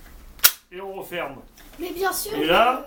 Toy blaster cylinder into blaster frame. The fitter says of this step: on l'insère jusqu'au clic et